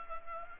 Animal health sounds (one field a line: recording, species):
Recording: mosquito wingbeat signal from an infrared sensor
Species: Culex pipiens